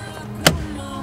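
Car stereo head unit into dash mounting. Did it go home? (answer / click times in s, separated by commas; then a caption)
yes / 0.5 s. An aftermarket Pioneer AVH-Z5050bt stereo head unit is pushed by hand into the dash opening of a Porsche 911. A single sharp snap at 0.5 s stands out over low background noise. The head unit snaps and seats into the dash mounting.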